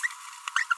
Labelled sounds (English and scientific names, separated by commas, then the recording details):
Green-rumped Parrotlet (Forpus passerinus) babbling
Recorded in a nest box in Venezuela
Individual 18B25A4